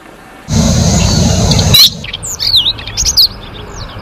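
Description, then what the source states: Bird chirps and looping whistles follow a loud burst of broad noise in the first couple of seconds. Ringtone of a bird described as having a melodious voice.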